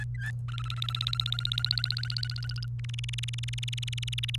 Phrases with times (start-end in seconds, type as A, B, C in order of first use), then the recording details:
0.00-0.31 A, 0.48-2.66 B, 2.79-4.36 C. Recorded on 28 April 2018 at 06:31. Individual llb3